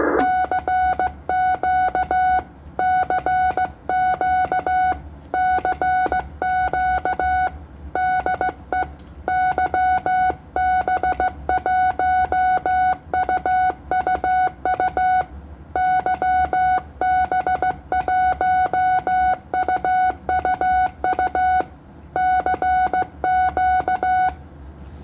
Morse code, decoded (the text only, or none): CQ CQ CQ DE YB1UUU YB1UUU CQ